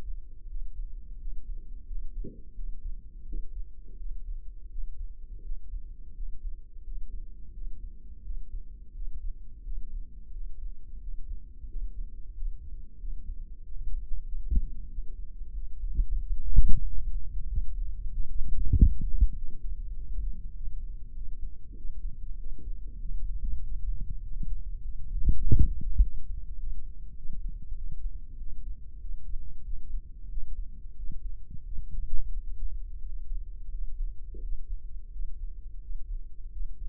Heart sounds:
heart sounds by microphone in the left ear; 92 bpm
0.49 s: heartbeat
1.20 s: heartbeat
1.88 s: heartbeat
2.56 s: heartbeat
3.27 s: heartbeat
3.99 s: heartbeat
4.71 s: heartbeat
5.44 s: heartbeat
6.16 s: heartbeat
6.85 s: heartbeat
7.54 s: heartbeat
8.25 s: heartbeat
8.95 s: heartbeat
9.65 s: heartbeat
10.33 s: heartbeat
11.02 s: heartbeat
11.69 s: heartbeat
12.35 s: heartbeat
13.00 s: heartbeat
13.64 s: heartbeat
14.27 s: heartbeat
14.90 s: heartbeat
15.55 s: heartbeat
16.20 s: heartbeat
16.86 s: heartbeat
17.49 s: heartbeat
18.13 s: heartbeat
18.75 s: heartbeat
19.36 s: heartbeat
19.96 s: heartbeat
20.55 s: heartbeat
21.15 s: heartbeat
21.77 s: heartbeat
22.39 s: heartbeat
23.02 s: heartbeat
23.63 s: heartbeat
24.24 s: heartbeat
24.83 s: heartbeat
25.43 s: heartbeat
26.02 s: heartbeat
26.59 s: heartbeat
27.17 s: heartbeat
27.77 s: heartbeat
28.39 s: heartbeat
29.02 s: heartbeat
29.66 s: heartbeat
30.31 s: heartbeat
30.98 s: heartbeat
31.66 s: heartbeat
32.34 s: heartbeat
33.03 s: heartbeat
33.72 s: heartbeat
34.42 s: heartbeat
35.13 s: heartbeat
35.83 s: heartbeat
36.53 s: heartbeat
From the record:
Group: healthy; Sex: male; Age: 21 years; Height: 175 cm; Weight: 72.6 kg

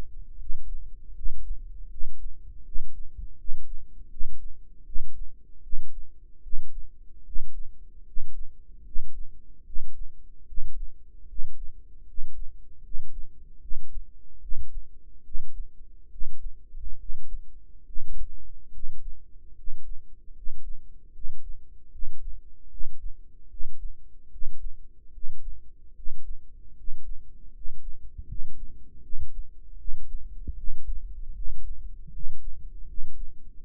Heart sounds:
heart sounds by microphone in the right ear; 76 bpm
0.38 s: heartbeat
1.14 s: heartbeat
1.89 s: heartbeat
2.64 s: heartbeat
3.37 s: heartbeat
4.09 s: heartbeat
4.85 s: heartbeat
5.62 s: heartbeat
6.42 s: heartbeat
7.24 s: heartbeat
8.05 s: heartbeat
8.84 s: heartbeat
9.64 s: heartbeat
10.46 s: heartbeat
11.27 s: heartbeat
12.06 s: heartbeat
12.82 s: heartbeat
13.60 s: heartbeat
14.40 s: heartbeat
15.23 s: heartbeat
16.09 s: heartbeat
16.97 s: heartbeat
17.84 s: heartbeat
18.71 s: heartbeat
19.54 s: heartbeat
20.33 s: heartbeat
21.12 s: heartbeat
21.90 s: heartbeat
22.68 s: heartbeat
23.48 s: heartbeat
24.29 s: heartbeat
25.11 s: heartbeat
25.93 s: heartbeat
26.74 s: heartbeat
27.51 s: heartbeat
28.25 s: heartbeat
29.01 s: heartbeat
29.76 s: heartbeat
30.55 s: heartbeat
31.33 s: heartbeat
32.10 s: heartbeat
32.85 s: heartbeat
33.60 s: heartbeat
From the record:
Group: healthy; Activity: rest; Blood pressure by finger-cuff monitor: 111/69 mmHg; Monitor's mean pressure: 78 mmHg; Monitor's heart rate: 76 bpm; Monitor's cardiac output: 6.3 L/min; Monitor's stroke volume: 84 mL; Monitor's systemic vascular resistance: 880 dyn s/cm5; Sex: male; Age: 35 years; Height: 180 cm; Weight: 86.9 kg

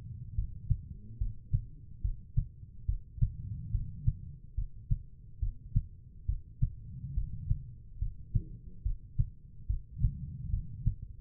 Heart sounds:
heart sounds by stethoscope; 71 bpm
0.34 s: heartbeat
1.17 s: heartbeat
2.01 s: heartbeat
2.85 s: heartbeat
3.70 s: heartbeat
4.54 s: heartbeat
5.39 s: heartbeat
6.25 s: heartbeat
7.13 s: heartbeat
7.98 s: heartbeat
8.82 s: heartbeat
9.66 s: heartbeat
10.49 s: heartbeat
From the record:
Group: healthy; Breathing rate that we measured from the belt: 18 breaths a minute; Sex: female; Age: 43 years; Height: 160 cm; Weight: 90 kg

